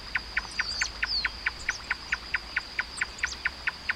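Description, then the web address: Marsh tapaculo giving evenly spaced clipped notes while a constant high-pitched drone runs behind and another bird adds a few thin whistles. "sound Marsh-tapaculo. صدای-پرنده-تپلک-ماندابی"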